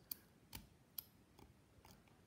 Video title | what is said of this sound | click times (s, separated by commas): (043) Part 2 - Beginners guide to lock tensioning | in turn and give a little click when you press it down you hear those clicks | 0.1 s, 0.6 s, 1.0 s